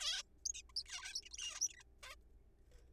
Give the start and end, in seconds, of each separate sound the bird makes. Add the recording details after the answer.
0.01-0.23, 0.46-0.52, 0.55-0.62, 0.69-0.72, 0.76-0.83, 0.86-1.21, 1.23-1.25, 1.26-1.29, 1.31-1.37, 1.38-1.60, 1.61-1.68, 1.69-1.73, 1.74-1.76, 1.77-1.83, 2.03-2.15. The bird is a juvenile. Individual R3428